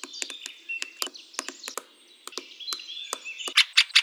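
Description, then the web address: Eurasian three-toed woodpecker giving short, sharp clicking notes at irregular intervals, growing louder in three quick final calls, with thin whistles from other birds behind. "Picoides tridactylus"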